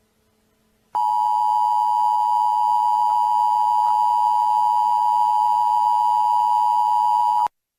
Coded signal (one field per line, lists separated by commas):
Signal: Emergency Alert System (SAME) tones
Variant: 853 and 960 Hz attention tone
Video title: EAS Alarm (April Fools Video)